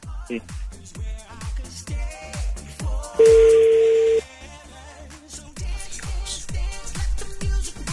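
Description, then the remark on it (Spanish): A single steady telephone ringing tone, about a second long and fairly loud, as a cellphone is called for a prank on the Panda Show, over a bouncy rhythmic music bed that keeps playing before and after it. “Entonces va el celular, ¿eh?”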